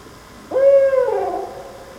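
Owl giving a single hoot that holds one steady tone for about half a second, then slides slightly lower and fades; otherwise quiet.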